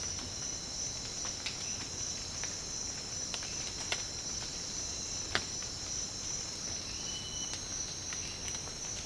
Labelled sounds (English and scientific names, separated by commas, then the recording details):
none
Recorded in secondary vegetation near Puerto Asís, Putumayo, Colombia, on 19 March 2025 at 07:00
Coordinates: 0.502, -76.326
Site G100